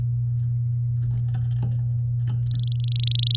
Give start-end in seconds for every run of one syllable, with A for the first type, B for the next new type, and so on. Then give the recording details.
2.38-3.36 A. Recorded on 8 May 2018 at 10:42. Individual llb16